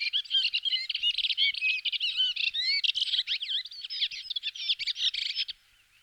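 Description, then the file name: Redwing song: a continuous, hurried jumble of twitters, rising and falling squeaky slurs and chattering notes, ending abruptly before a quiet final half second. "roche 2004 rotdrossel"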